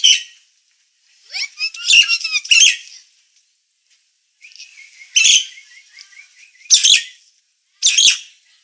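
Nias hill myna calls: a harsh burst, a whistle mixed with chatter, then a wavering trill with three loud rasping notes, the later ones separated by pauses.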